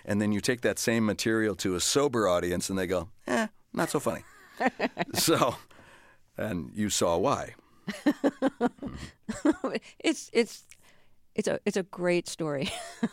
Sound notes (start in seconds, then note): 4.3 laughter; 7.9 laughter